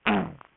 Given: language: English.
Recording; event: throat vibration sensor signal played as sound; throat clearing